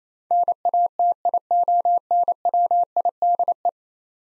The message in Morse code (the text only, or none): NATIONWIDE